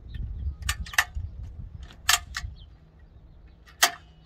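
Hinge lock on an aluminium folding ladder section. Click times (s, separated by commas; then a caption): 1.0 s, 3.8 s. A hinge lock on an aluminium folding section of a Mac Allister 4 Section Ladder is moved to the next position and pushed until it locks. Sharp metallic clacks and knocks sound as the section moves, with the lock clicking into place at 1.0 s and again at 3.8 s. The hinge lock is seated.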